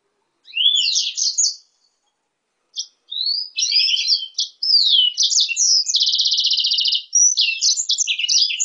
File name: hibrid blackthroat x kenari omicau